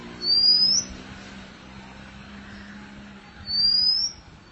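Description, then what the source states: Oriental magpie-robin song: two loud, clear whistles sliding upward, about three seconds apart, over a low steady hum. Chirping song (kicauan) of the bird.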